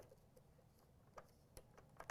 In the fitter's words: And then it clicks into place you'll be able to feel it when you move